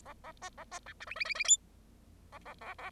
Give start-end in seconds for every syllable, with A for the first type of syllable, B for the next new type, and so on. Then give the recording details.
0.06-0.13 A, 0.24-0.32 A, 0.42-0.49 B, 0.58-0.64 A, 0.71-0.79 B, 0.86-0.93 C, 1.00-1.05 D, 1.07-1.15 E, 1.16-1.25 E, 1.25-1.34 E, 1.34-1.44 E, 1.44-1.57 F, 2.32-2.39 A, 2.45-2.54 A, 2.61-2.74 A, 2.78-2.90 A. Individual Bird0